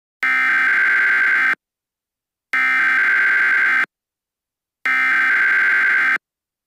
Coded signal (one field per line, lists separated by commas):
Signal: Emergency Alert System (SAME) tones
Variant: header bursts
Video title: Turning Red: An EAS Scenario